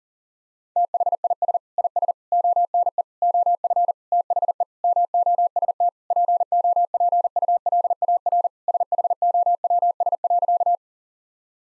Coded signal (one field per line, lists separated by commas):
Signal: Morse code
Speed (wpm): 40 wpm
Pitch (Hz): 700 Hz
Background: none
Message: THIS IS ONE OF THE MOST POPULAR SHOWS.